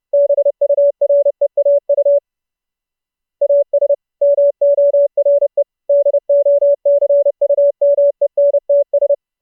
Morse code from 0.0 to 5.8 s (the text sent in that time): BUREAU AS MORE